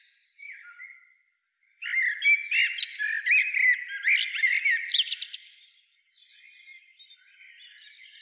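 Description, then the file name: Common blackbird song: a short low whistled note, then a loud warbling phrase ending in a squeaky high twitter around five seconds, fading into softer warbles. "Turdus merula"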